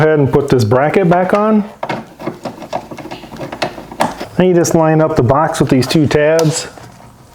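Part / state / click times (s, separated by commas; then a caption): engine bay box onto its mounting tabs / not seated / none. In the engine bay of a Nissan 3.5L V6 (Murano/Altima/Pathfinder), a bracket is put back on and a box is lined up with its two mounting tabs while someone talks. Between about 1.9 and 4.0 seconds there are short knocks and handling sounds. Nothing has seated or clicked yet; the box is not home when the clip ends.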